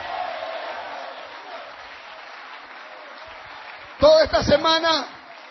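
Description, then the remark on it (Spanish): A church audience claps together in praise to God, the 'King of Kings', for about four seconds, a steady wash of applause that fades slightly before a man's voice starts speaking loudly over the end. “Dele palmas al Rey de Reyes.”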